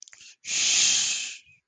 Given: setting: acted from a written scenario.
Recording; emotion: vocal sound without words; anger